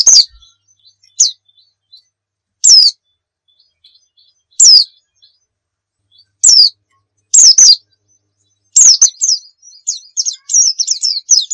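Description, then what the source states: White-eye calls: single high, sharp chirps spaced apart, building into quicker twittering at the end. Pleci of the Muria type, recorded as a masteran, a tutor recording of song for cage birds.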